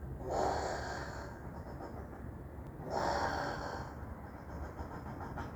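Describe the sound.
Common brushtail possum making two breathy, wheezy hisses about two and a half seconds apart, each lasting about a second.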